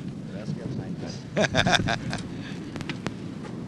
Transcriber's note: Prabhupāda laughs